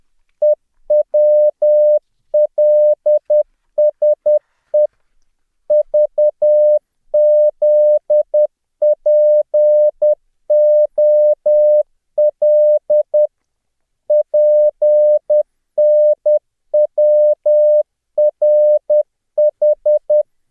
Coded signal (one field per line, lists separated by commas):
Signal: Morse code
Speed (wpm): 10 wpm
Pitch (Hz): 600 Hz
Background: none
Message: EWLSE VZPOL PNWRH